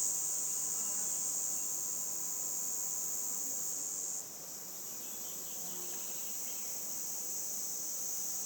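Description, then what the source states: Red cicada's piercing buzz runs strongly for about four seconds, then drops sharply to a weaker hum. 22 June 2020, 11:10, roadside between Luc and Châtillon-en-Diois, France, end of spring; a hesitant start is typical of its song, which then builds to powerful cymbalisation; Nagra LB, MKH20 omni.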